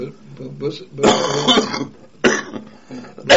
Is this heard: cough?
yes